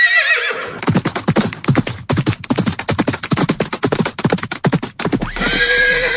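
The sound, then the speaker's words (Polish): A horse whinnies loudly in a long, quavering call of rapid pulses lasting several seconds, ending with a brief higher, smoother tone. “To ja mam nadzieję, że konie nas słuchają”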